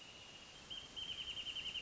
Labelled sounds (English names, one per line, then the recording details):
Wrentit
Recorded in Sonoma County, California